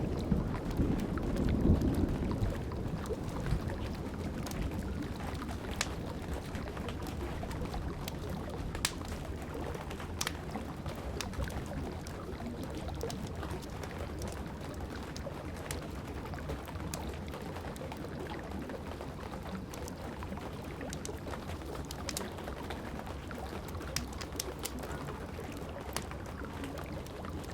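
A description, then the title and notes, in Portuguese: Steady rain hisses over a low rumble while a fireplace crackles with frequent sharp pops scattered evenly across the whole recording. Som de chuva e o relaxante estralar do fogo da lareira.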